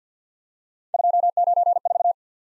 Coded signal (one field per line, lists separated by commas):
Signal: Morse code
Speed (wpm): 53 wpm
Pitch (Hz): 700 Hz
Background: none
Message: 294